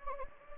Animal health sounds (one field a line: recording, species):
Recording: mosquito wingbeat signal from an infrared sensor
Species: Anopheles gambiae